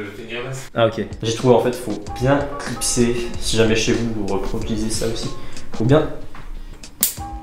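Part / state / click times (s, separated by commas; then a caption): fan retention clip on a CPU cooler heatsink / seated / 7.0 s. Over background music, someone talks while a fan retention clip on a CPU cooler heatsink is pushed into place during cooler preparation. It snaps home with a sharp click at 7.0 s, the click that has to be heard, and the clip is judged to be properly seated.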